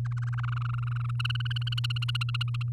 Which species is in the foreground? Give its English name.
Domestic Canary